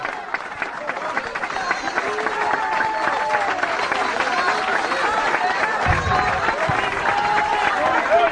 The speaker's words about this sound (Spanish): Alabado sea Dios en esta hora. Denle un aplauso a Cristo, que él se lo merece.